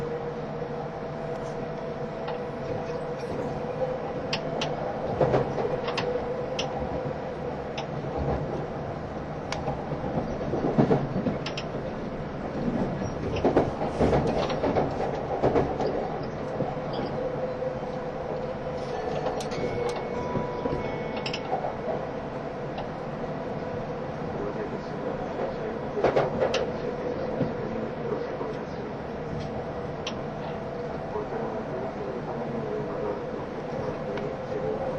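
An E351 series Super Azusa train runs between Hachioji and Shinjuku with a steady low rumble, occasional rattles and brief squeals.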